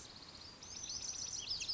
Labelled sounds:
Lazuli Bunting
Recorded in Sonoma County, California

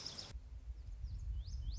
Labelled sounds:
Lazuli Bunting
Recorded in Sonoma County, California

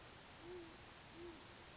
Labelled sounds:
Great Horned Owl
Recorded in Sonoma County, California

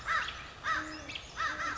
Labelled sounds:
American Crow
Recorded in Sonoma County, California

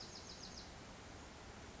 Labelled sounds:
Bewick's Wren
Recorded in Sonoma County, California

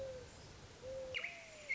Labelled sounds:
Mourning Dove
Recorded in Sonoma County, California

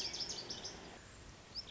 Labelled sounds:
Lazuli Bunting
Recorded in Sonoma County, California

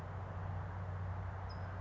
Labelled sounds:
California Towhee
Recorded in Sonoma County, California

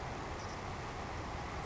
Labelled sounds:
Savannah Sparrow
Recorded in Sonoma County, California

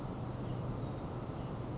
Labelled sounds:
Oak Titmouse
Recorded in Sonoma County, California

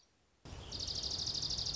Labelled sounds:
Dark-eyed Junco
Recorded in Sonoma County, California

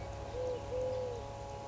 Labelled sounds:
Eurasian Collared Dove
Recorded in Sonoma County, California

